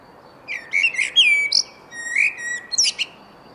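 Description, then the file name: Common blackbird singing two short phrases, each a clear whistled note sliding into a squeaky, high twitter, separated by a brief pause. "Turdus merula"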